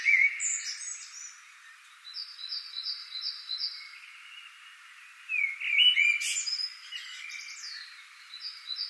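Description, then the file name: Common blackbird giving brief mellow warbles and a squeaky high flourish, while a series of short, regular high notes from another bird runs through the gaps. "Turdus merula"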